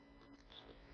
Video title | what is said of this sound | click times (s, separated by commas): Ausrüstung Mein Modernes Outdoor Set | rastet sauber ein sass man s nicht verliert | 0.5 s